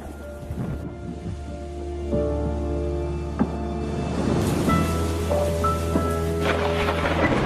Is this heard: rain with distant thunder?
yes